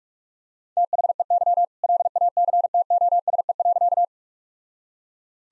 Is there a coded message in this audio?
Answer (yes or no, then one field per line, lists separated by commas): yes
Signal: Morse code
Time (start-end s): 0.8-4.0 s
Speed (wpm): 42 wpm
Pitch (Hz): 700 Hz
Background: none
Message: THEY LACTOSE.